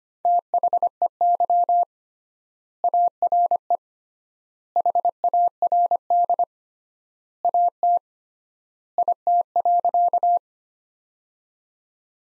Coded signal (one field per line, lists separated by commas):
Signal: Morse code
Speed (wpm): 25 wpm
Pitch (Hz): 700 Hz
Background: none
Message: THEY ARE HARD AT IT.